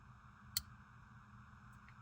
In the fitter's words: you saw that click right right up in there uh tells me there's a detent hole and a detent ball